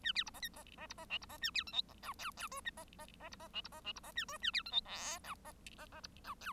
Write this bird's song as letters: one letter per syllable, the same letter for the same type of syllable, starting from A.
A B C D E D D C D F C D A B G H I J J K D D D C D F C D F C D A K A B G H L I D D D C I J